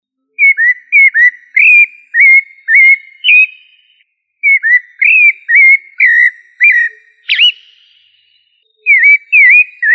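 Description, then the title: Thrush song of clear, fluty whistled notes with short down-slurred hooks, given in quick runs of about two per second and broken by pauses. Thrush family; sabiá. "Familia Turdidae - Sabia"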